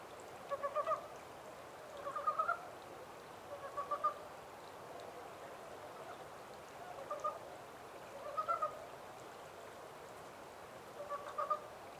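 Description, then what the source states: Japanese mountain brown frog clucking calls, small groups of quick pulses at irregular intervals, rather soft against a low hiss. Recorded 14 April 2010 at 03:17.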